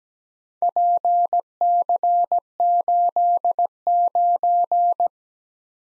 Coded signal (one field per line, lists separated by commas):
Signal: Morse code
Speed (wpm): 20 wpm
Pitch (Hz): 700 Hz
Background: none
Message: PC89